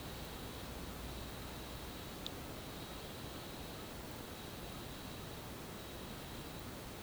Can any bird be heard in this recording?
no